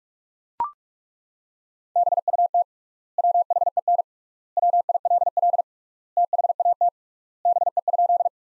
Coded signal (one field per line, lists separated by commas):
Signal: Morse code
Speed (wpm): 42 wpm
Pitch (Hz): 700 Hz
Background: none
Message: BUT WHEN WILL THAT BE?